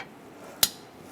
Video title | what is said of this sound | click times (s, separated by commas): How to Replace Tailgate Handle 2011-2018 Ram | hear that click right into place | 0.6 s